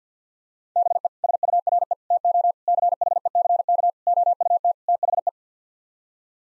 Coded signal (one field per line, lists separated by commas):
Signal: Morse code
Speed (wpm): 50 wpm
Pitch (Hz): 700 Hz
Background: none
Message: BE SURE TO CHECK OUT THE